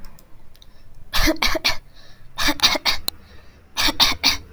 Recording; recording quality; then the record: shallow voluntary cough; excellent, no background noise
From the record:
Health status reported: healthy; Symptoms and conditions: none ticked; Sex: female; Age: 25 years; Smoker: not ticked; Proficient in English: yes